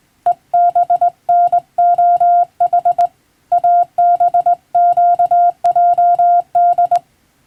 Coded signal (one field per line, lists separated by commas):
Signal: Morse code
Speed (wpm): 20 wpm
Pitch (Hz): 700 Hz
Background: none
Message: EBNOH ABQJD